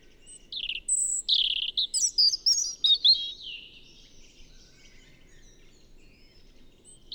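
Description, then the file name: European robin song: a burst of high, thin, tumbling warbled notes with quick rising and falling slides, lasting about three seconds, then near silence. "Erithacus rubecula"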